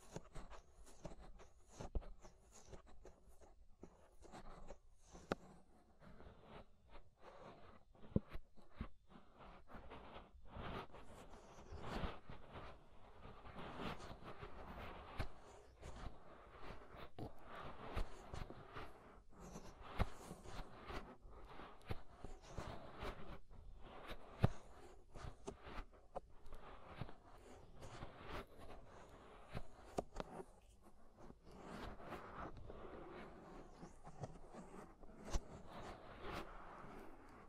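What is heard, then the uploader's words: Ear scraping, inner and outer, fills the whole clip with dense scratchy rustles and sharp clicks that arrive irregularly, several per second. The texture stays busy throughout, grainy in the middle range with brighter crackles on top, and a faint low rumble runs underneath. Inner and Outer Ear Scraping (No Talking).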